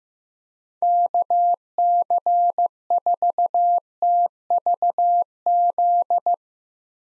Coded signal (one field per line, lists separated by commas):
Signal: Morse code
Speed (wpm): 15 wpm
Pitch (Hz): 700 Hz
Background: none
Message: KC4TVZ